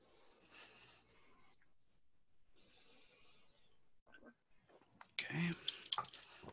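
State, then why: Not seated. A small internal steel lockwork part is handled in the frame of a Webley revolver during reassembly, after a screw is tightened with a small screwdriver. Someone talks, with soft handling noises and sharp ticks near the end, but the part has not seated or clicked into place yet.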